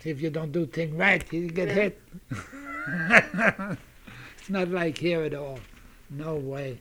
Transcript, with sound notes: If you don't do a thing right, you get hit. ( he laughs ) It's not like here at all, no way.